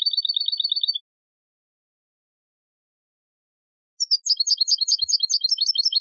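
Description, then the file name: European goldfinch song: a fast, even, high trill, about three seconds of silence, then lively twittering with varied chirps and trills. "Carduelis carduelis"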